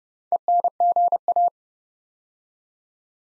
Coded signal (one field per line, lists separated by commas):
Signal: Morse code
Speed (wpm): 30 wpm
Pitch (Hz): 700 Hz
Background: none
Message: ENGA